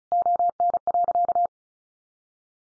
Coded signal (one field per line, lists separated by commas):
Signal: Morse code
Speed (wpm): 34 wpm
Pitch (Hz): 700 Hz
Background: none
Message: ON.